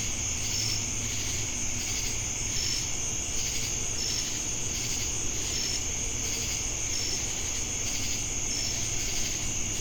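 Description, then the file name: Cricket chorus with a constant high-pitched trill, brief sharp chirps spaced about every one and a half seconds, and a throbbing insect buzz. Crickets recorded together with cicadas in Jamestown, North Carolina, on 10 August 2018. "Crickets And Sacadas Jamestown NC August-10-2018"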